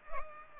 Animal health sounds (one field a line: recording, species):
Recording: mosquito wingbeat signal from an infrared sensor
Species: Culex pipiens